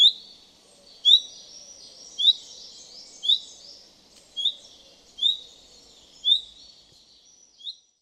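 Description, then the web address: Common chaffinch, a steady series of eight sharp call notes about once a second, with chattering background birdsong. "Deverinetal"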